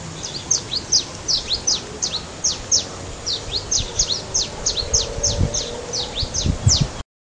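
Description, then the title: Long-tailed reed finch giving short, high, sharp downslurred chips in a rapid irregular series, about three per second, over steady low background noise. "LuckyPassaro Completos2Sama. Long-tailed Reed Finch (Donacospiza albifrons)"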